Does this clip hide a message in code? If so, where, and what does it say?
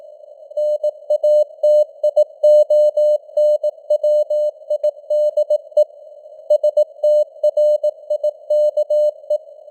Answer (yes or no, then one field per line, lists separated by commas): yes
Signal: Morse code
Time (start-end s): 0.6-9.4 s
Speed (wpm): 18 wpm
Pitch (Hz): 600 Hz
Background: none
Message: NATIONWIDE STRIKE